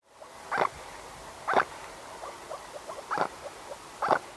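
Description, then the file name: Mute swan giving short, hoarse calls: four louder bursts with softer ones between, over a quiet hiss. Short calls, together with wing noise in flight. "Cygnus olor call short-Rufe-Fluggeräusche"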